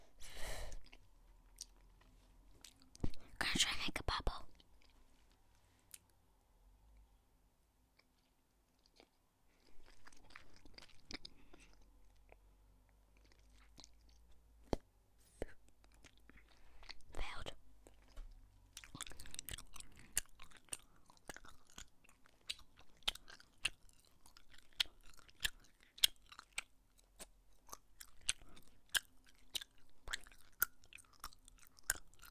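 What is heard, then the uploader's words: Crunching of crisps and chocolate, loud bursts near four and seventeen seconds, then dense rapid clicking and popping. I got a mic! ASMR crisps, chocolate, Bruch pop-it ect.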